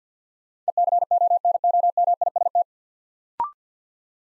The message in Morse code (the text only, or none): ECONOMIST